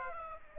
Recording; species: mosquito wingbeat signal from an infrared sensor; Aedes aegypti